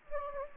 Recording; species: mosquito wingbeat signal from an infrared sensor; Anopheles gambiae